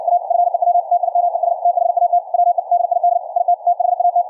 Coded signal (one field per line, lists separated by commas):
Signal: Morse code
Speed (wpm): 56 wpm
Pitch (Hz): 710 Hz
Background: none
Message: A FEW TIMES THAT WE DID IT THAT